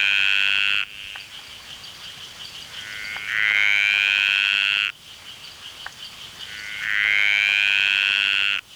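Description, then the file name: Dainty green tree frog repeating long, rasping, slightly rising buzz calls roughly every three and a half seconds, each lasting well over a second, with soft background noise between. "Litoria gracilenta"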